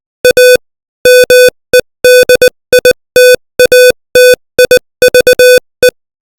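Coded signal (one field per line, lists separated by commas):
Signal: Morse code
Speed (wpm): 20 wpm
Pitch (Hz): 500 Hz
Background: music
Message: A MEDITATIVE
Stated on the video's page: Morse code practice at 20 WPM.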